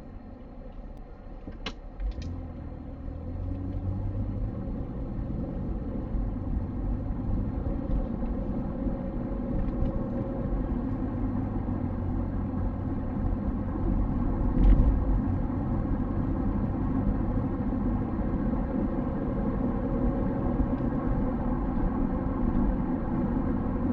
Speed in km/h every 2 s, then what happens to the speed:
5, 18, 28, 36, 45, 48, 50, 53, 56, 62, 61, 61.
0-18 speeds up to 62. 18-24 steady at about 61.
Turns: none.